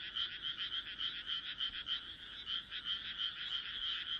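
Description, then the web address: Frogs giving rapid pulsed croaks, about three per second, in a dense chorus. "kaeru kaeru"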